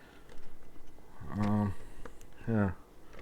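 A fiber splice tray inside a sealed fiber-optic enclosure is handled and swung toward an upright position on the enclosure hinge, where it is meant to lock into place. Someone talks, and a couple of faint light ticks are heard near the end at about 3.1 and 3.2 seconds. The tray has not yet locked or seated, and nothing has clicked.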